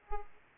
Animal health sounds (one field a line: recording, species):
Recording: mosquito wingbeat signal from an infrared sensor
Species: Aedes aegypti